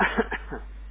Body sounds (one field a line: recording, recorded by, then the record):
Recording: voluntary cough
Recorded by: telephone call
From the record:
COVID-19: positive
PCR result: checked with the laboratory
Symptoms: yes